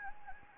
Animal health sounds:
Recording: mosquito wingbeat signal from an infrared sensor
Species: Anopheles gambiae

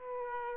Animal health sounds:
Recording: mosquito wingbeat signal from an infrared sensor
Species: Aedes aegypti

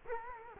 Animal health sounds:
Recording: mosquito wingbeat signal from an infrared sensor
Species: Culex quinquefasciatus

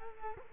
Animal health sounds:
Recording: mosquito wingbeat signal from an infrared sensor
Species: Culex quinquefasciatus

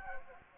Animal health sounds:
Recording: mosquito wingbeat signal from an infrared sensor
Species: Anopheles gambiae

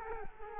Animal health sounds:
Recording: mosquito wingbeat signal from an infrared sensor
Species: Culex quinquefasciatus

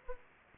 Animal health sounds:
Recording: mosquito wingbeat signal from an infrared sensor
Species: Aedes aegypti

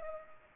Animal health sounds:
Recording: mosquito wingbeat signal from an infrared sensor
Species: Culex pipiens

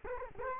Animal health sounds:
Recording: mosquito wingbeat signal from an infrared sensor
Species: Culex quinquefasciatus

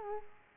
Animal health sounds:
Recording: mosquito wingbeat signal from an infrared sensor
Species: Culex quinquefasciatus

